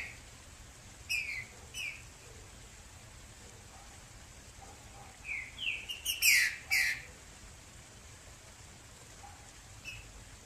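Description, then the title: Green-winged saltator singing short descending whistled notes in scattered bursts, with a denser run of bright sliding notes around the middle, over faint steady hiss. Female. "Canto Trinca ferro fêmea"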